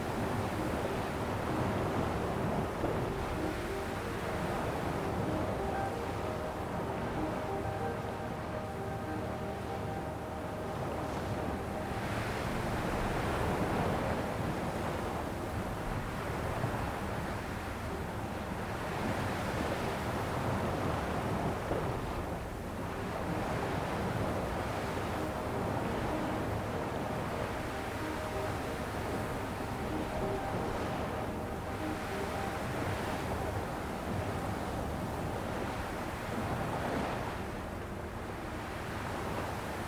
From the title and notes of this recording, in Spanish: Una MELODÍA Suave y OLAS Calmantes. Una melodía suave se encuentra con el ritmo calmante de las olas.